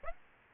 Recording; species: mosquito wingbeat signal from an infrared sensor; Aedes aegypti